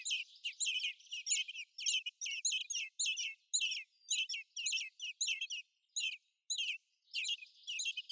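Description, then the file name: Common blackbird calls: short, sharp chirping notes given in rapid, uneven bursts, with brief pauses between runs. "Turdus merula"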